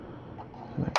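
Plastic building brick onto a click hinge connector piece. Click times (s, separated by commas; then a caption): 1.0 s. A plastic LEGO piece is snapped onto a white click-hinge connector brick while building the NASA Apollo Saturn V set #21309. A low rustle leads into a short, sharp snap at 1.0 s as the piece seats.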